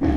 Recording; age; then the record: pig call; growing-finishing pig (85 days or more)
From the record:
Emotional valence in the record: negative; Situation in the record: barren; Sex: female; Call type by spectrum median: low-frequency call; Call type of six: low-frequency stable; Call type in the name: low-frequency modulated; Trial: 2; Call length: 0.17 s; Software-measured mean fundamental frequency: 46 Hz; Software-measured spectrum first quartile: 107 Hz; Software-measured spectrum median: 256 Hz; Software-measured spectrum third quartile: 373 Hz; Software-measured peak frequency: 298 Hz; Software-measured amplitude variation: 108 dB a second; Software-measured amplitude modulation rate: 17.5 a second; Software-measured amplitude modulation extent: 6.2 dB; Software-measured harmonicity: 1.7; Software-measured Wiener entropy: -0.99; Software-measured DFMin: 1228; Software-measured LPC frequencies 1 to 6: 316, 1771, 2281, 3225, 4056, 5328 Hz